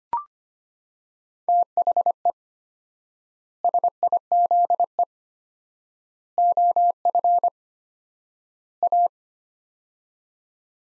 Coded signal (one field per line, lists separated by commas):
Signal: Morse code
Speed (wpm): 25 wpm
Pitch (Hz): 700 Hz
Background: none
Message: THE SIZE OF A